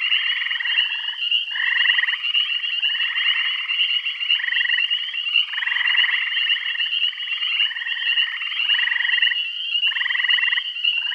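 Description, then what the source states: Frogs calling in a dense chorus, overlapping pulsed trills each lasting about a second, with a steady high whine running underneath throughout. Bath County.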